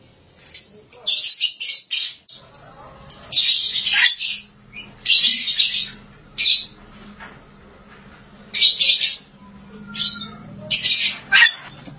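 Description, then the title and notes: Starling giving harsh, noisy, buzzy bursts of call notes in short clusters, separated by brief quiet gaps, with a faint low hum underneath. "suara burung jalak"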